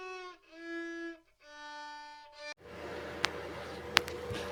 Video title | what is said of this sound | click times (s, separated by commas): HP Z2 G4 Workstation (Coffee Lake i7) ~ Nvidia GTX 1060 Card Unboxing | Right, pushed it right in. I've re-angled it slightly at sort of this end and it clicked back in. | 4.0 s